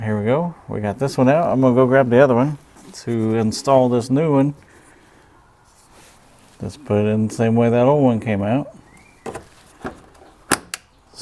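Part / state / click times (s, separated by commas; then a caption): corner light assembly into the pickup's front corner mount / seated / 10.5 s, 10.7 s. Someone talks, then a new replacement corner light assembly is pushed into the front corner mount of a Tacoma pickup, oriented the same way the old one came out. Soft handling taps lead to two sharp snaps at 10.5 s and 10.7 s as it clips into the body. The corner light is seated and snapped into place.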